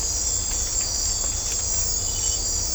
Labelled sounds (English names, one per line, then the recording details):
none
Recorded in dense forest near Puerto Asís, Putumayo, Colombia, on 18 December 2024 at 01:30
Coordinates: 0.503, -76.323
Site G043